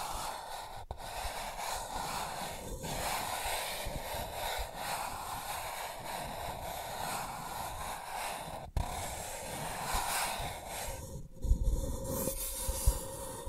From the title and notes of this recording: ASMR Sensitive Tracing (No Talking).